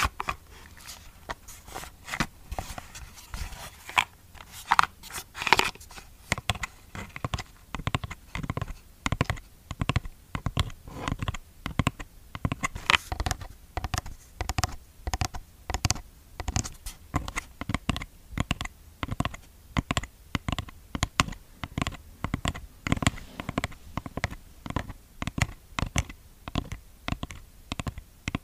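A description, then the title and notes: Fingers tap on a skincare product container in quick, uneven bursts, each tap a short dry click with a crisp, bright edge. The tapping runs almost without pause for the whole clip, growing denser and more regular after the first ten seconds. Skincare product tapping. Blue yeti microphone.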